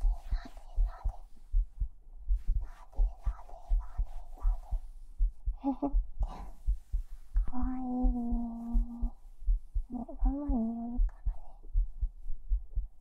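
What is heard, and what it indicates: Close-up heartbeat of an adult, a steady normal rhythm at about 81 beats per minute, with soft speech overlaid, as in a heartbeat-listening endurance session.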